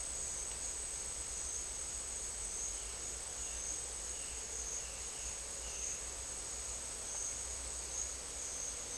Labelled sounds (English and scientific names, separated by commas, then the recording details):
none
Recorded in dense forest near Puerto Asís, Putumayo, Colombia, on 20 December 2024 at 11:30
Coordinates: 0.482, -76.320
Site G021